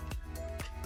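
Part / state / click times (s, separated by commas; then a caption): stand piece into the back of a digital photo frame / not seated / none. A stand piece is being slid toward its slot on the back of a Brookstone Photoshare Friends & Family SMART Frame 8" HD touchscreen digital photo frame, with loud music playing throughout. Short handling knocks stand out at about 0.1 s and 0.4 s. Nothing has seated or clicked yet.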